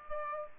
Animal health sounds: mosquito wingbeat signal from an infrared sensor; Aedes aegypti

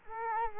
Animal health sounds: mosquito wingbeat signal from an infrared sensor; Culex quinquefasciatus

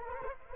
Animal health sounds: mosquito wingbeat signal from an infrared sensor; Anopheles arabiensis

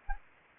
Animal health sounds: mosquito wingbeat signal from an infrared sensor; Anopheles gambiae

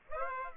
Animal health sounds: mosquito wingbeat signal from an infrared sensor; Aedes aegypti

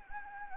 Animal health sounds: mosquito wingbeat signal from an infrared sensor; Anopheles gambiae

